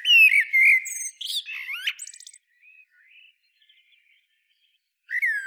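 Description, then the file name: Eurasian blackbird song: loud fluted, warbling phrases that slide up and down, followed by a squeaky high twitter, a pause, then a new fluted phrase begins. "Turdus merula"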